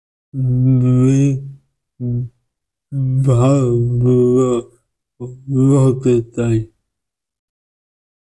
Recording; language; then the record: elicited speech; Bengali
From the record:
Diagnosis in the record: Broca's or global aphasia after a stroke